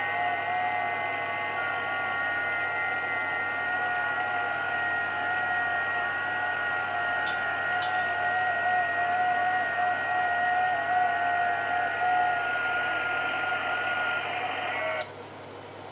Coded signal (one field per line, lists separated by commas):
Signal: FT8